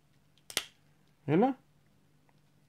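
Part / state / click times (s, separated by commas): hand/thumb section snapping into model glove assembly / seated / 0.5 s, 0.6 s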